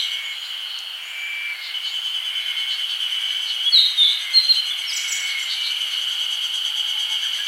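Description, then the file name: Grey bunting making one brief cluster of high, slurred chirps midway through, with a continuous ringing insect hum underneath. "Emberiza variabilis"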